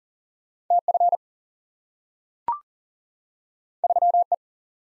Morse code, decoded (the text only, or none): T F 3 E